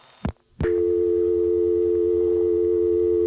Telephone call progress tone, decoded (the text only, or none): dial tone